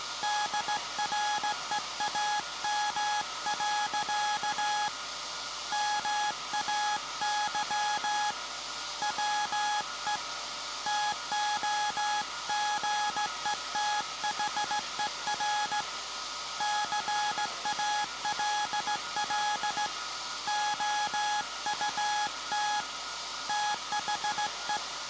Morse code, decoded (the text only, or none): DREAM. MAY WE TOGETHER CALL OUT THE